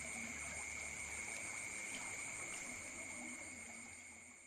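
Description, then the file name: Insects in a steady shrill chorus, fading out toward the end. Recorded at night in Ubud, with water sounds alongside the insects. "Bruits-deau-et-dinsectes-dans-la-nuit-d Ubud"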